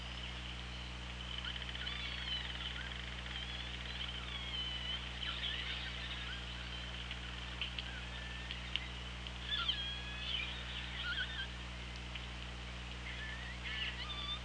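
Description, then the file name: Killer whale calls: many faint, overlapping whistled calls, sweeping up and down, clustering at the start and again later, over steady underwater hiss. OrcaLab hydrophone, 24 August 2017, around 17:04. "Orca Lab UTLN 20170824 170442"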